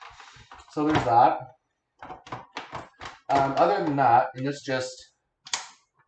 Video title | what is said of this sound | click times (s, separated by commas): Bissell Crosswave // Review // Pros & Cons | hear that click once you hear that click then the clean water tank is in place | 5.5 s